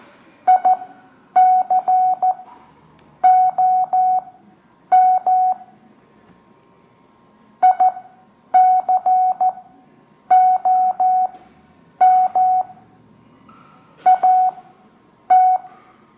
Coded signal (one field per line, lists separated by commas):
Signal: Morse code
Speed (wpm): 14 wpm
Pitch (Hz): 740 Hz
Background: none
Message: ICOM ICOM AT